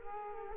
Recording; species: mosquito wingbeat signal from an infrared sensor; Culex quinquefasciatus